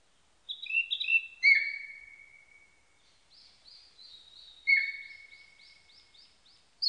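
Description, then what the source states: Narcissus flycatcher song, clear whistled phrases with a long falling note, then a repeated rhythmic trill of bright notes, with a fresh phrase starting at the end. Recorded on 21 May 1999.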